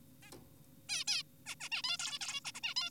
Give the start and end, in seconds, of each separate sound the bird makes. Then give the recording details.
0.23-0.31, 0.89-1.04, 1.08-1.23, 1.46-1.55, 1.60-1.69, 1.72-1.82, 1.84-1.98, 1.99-2.19, 2.21-2.40, 2.45-2.52, 2.55-2.60, 2.63-2.74, 2.76-2.90. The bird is an adult. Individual g4p5U